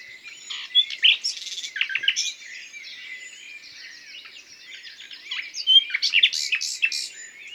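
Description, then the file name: Common nightingale song: bursts of buzzy notes and quick chirps, a quieter stretch, then a loud rapid phrase of repeated notes. "Luscinia megarhynchos"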